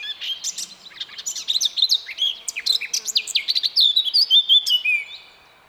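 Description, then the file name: Eurasian blackcap song: a quiet, scratchy warble that swells into loud, clear fluty notes and then stops. "Sylvia atricapilla"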